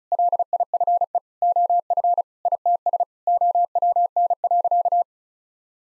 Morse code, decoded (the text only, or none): LIFE OF ITS OWN.